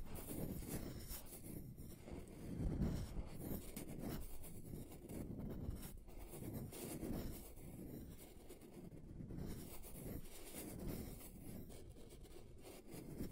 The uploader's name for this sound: Table Scratching Different Surfaces